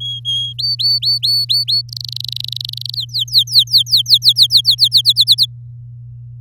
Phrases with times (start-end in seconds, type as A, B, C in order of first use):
0.00-0.53 A, 0.58-1.81 B, 1.89-2.95 C, 2.95-5.01 D, 5.05-5.46 E